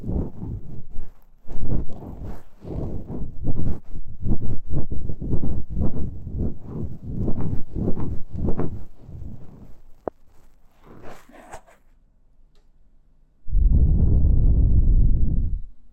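Deep ear cleaning with rapid, rhythmic scratching and rustling strokes for ten seconds, a brief quiet pause, then a steady low whooshing blow.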